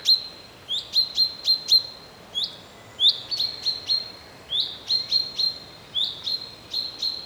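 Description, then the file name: Common chaffinch calls: sharp, bright 'pink' notes in quick runs of several, separated by short pauses, over a thin steady high tone. "Fringilla coelebs"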